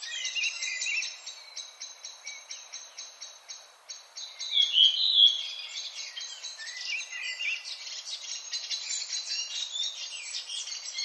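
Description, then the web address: Redwing song, steady high scratchy twittering with rapid clicking pulses early on and a few louder slurred whistles midway, continuing without pause. "HGW birds \ \aves Rodvingetrast"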